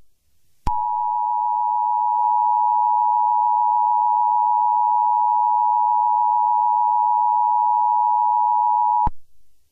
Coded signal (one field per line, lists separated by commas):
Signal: Emergency Alert System (SAME) tones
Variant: 853 and 960 Hz attention tone